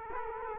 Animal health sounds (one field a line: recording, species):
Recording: mosquito wingbeat signal from an infrared sensor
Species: Culex quinquefasciatus